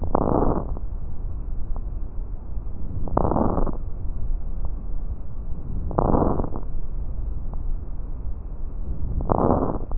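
Rales (crackles) heard over an adult chest with a stethoscope, in bursts recurring about every three seconds.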